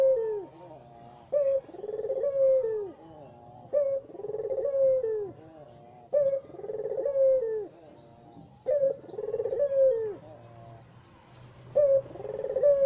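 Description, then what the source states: Barbary dove repeating a two-part coo, a sharp opening note and a rolling lower phrase, about every two and a half seconds, with faint chirps in the background. White Barbary dove (puter putih); training (masteran) recording used to teach songbirds.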